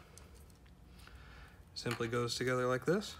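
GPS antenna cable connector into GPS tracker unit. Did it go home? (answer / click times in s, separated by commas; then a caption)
no / none. A GPS antenna cable connector is handled and lined up with the socket of a GPS tracker unit just before being pushed home, making only small, quiet handling noises. Someone talks over the second half. Nothing has seated or clicked yet.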